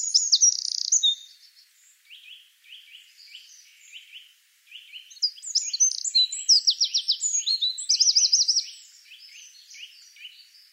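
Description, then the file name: Eurasian wren singing a loud, high, tumbling phrase, then quieter lower notes, then a fast ringing trill of repeated sharp notes before fading into softer twitters. "Troglodytes troglodytes"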